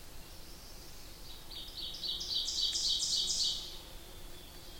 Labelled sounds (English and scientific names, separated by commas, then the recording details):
Ovenbird (Seiurus aurocapilla) song
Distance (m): 30 m
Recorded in boreal forest in Alberta, Canada, on 8 June 2016 at 08:47
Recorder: SongMeter 3, array SBT-3-9
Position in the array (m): 44 m, 110 m
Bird 33